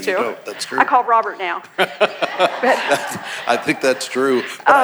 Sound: laughter

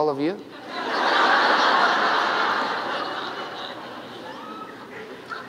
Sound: laughter

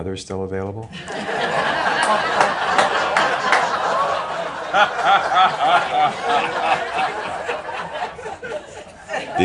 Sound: laughter

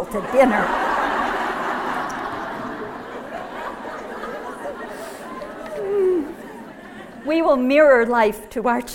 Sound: laughter

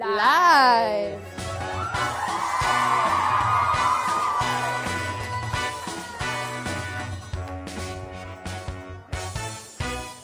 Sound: cheering; applause

